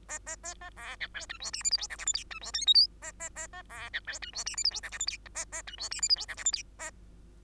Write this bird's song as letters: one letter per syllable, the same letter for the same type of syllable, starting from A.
A A A A B C D E F G H I J K L M N E F O P Q A A A A B C D E F G H I J K L M N A A E F G H I J K L M N A